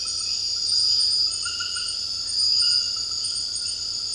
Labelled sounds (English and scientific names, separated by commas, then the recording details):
none
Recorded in dense forest near Puerto Asís, Putumayo, Colombia, on 18 February 2024 at 00:00
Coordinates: 0.481, -76.318
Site G6421